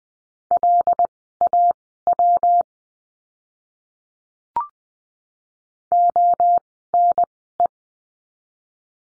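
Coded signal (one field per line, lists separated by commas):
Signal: Morse code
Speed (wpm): 20 wpm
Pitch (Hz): 700 Hz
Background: none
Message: LAW ONE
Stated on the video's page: Morse code course lesson drill at Farnsworth spacing, 20 wpm characters at 10 wpm overall, practising words with the letter W.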